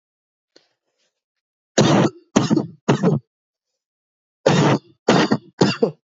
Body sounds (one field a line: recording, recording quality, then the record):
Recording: heavy voluntary cough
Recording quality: excellent, no background noise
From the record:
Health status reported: COVID-19 positive, mild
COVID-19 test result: positive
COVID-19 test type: RT-PCR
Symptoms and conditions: cold, fever, loss of smell and taste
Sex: male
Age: 27 years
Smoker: no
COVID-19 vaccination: both doses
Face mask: not worn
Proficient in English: yes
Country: India